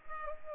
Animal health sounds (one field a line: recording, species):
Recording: mosquito wingbeat signal from an infrared sensor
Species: Culex pipiens